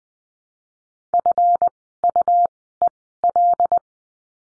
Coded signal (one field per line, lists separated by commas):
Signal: Morse code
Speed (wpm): 20 wpm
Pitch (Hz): 700 Hz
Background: none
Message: FUEL